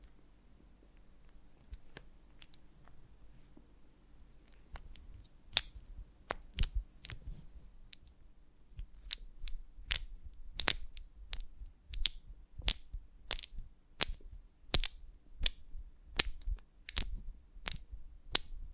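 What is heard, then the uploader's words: Sharp, crisp clicks and snaps from handling a honeycomb on a branch come sparsely at first, then settle into a steady, fairly regular rhythm from about five seconds on. Each snap is bright and brief, over a faint low hum. ASMR of a Honeycomb on Branch (No Talking).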